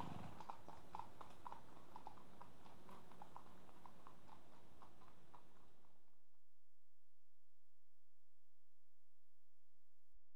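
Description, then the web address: Horses walking, hooves clopping in a steady overlapping rhythm of about two beats per second for six seconds, then stopping abruptly into near silence. Two horses at a walk on tarmac. "BBC Sound Effects Library BBC 37-Horses. Two horses at walk on tarmac"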